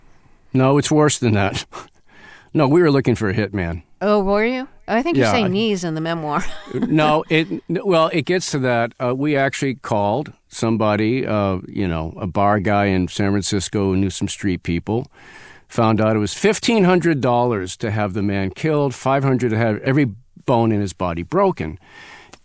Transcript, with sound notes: No, it's worse than that. No, we were looking for a hit man.
Oh, were you?
Yeah.
But I think you say knees in the memoir (laughter).
No - well, it gets to that. We actually called somebody, you know, a bar guy in San Francisco who knew some street people, found out it was $1,500 to have the man killed, 500 to have every bone in his body broken.